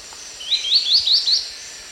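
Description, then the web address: Wedge-billed Woodcreeper giving a rapid string of five bright, rising chirped notes, each slurred upward, against a soft background hiss. South American eastern lowlands. "Natures Songs S America Eastern Lowlands. Wedge-billed Woodcreeper"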